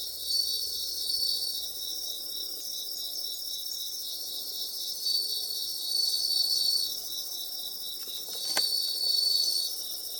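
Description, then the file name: Bell cricket song, a continuous high pulsing trill that swells and fades slightly, with a brief knock near the end. Recorded 30 August 2017. "20170830 suzumushi"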